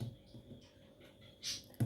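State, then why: Seated. A beaded handbag is held by its metal frame rather than by its bead flowers, and the frame's metal clasp is pressed closed. After quiet handling noise, two quick sharp clicks come at 1.7 s and 1.8 s as the clasp snaps shut and seats.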